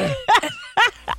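Two short, harsh, partly voiced cough bursts and a softer third within about a second, from an adult woman with a cough she has allegedly had for years.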